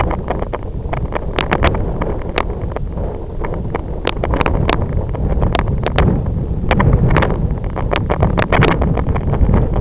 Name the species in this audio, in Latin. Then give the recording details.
none. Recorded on Arctic tundra, site IGLO-F, on 25 June 2018. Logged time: 14:00